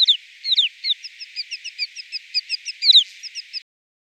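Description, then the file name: White-winged snowfinch song: a quick run of high, short chirping notes, with a few louder descending slurs mixed in, ending abruptly after about three and a half seconds. "roche 2004 schneesperling"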